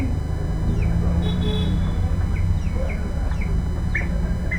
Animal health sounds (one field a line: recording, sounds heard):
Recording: poultry house recording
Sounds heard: background noise or bird activity such as feeding and pecking